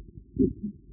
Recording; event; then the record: neck accelerometer signal played as sound; voluntary cough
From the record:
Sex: female